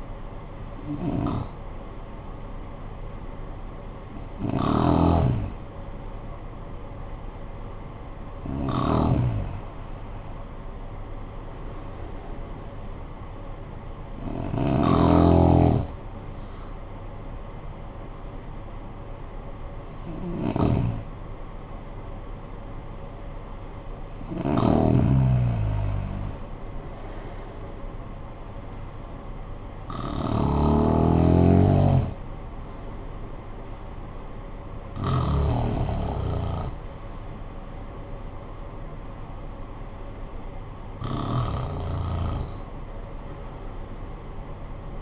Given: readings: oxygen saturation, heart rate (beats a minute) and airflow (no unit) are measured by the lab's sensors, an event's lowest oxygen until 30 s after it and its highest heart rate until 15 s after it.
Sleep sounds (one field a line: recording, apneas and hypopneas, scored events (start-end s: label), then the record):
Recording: breathing in sleep by a smartphone at the bedside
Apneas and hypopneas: none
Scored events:
none scored
From the record:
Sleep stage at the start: N1 (lightest sleep)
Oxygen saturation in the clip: 73 to 95%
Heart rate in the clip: 50 to 67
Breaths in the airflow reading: 9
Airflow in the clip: -11.0 to 11.0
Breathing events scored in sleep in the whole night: 445 in 7.6 hours asleep